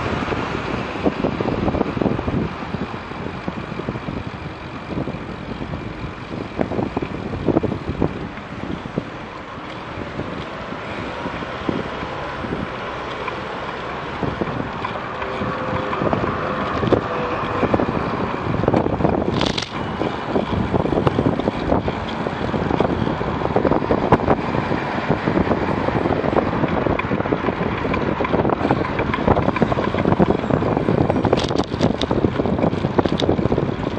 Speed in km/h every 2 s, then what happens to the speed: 13, 15, 10, 9, 10, 11, 16, 21, 22, 28, 25, 15, 16, 23, 27, 27, 27.
0-9 steady at about 10. 9-18 speeds up to 28. 18-22 slows to 15. 24-28 speeds up to 27. 28-34 steady at about 27.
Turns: 9-14.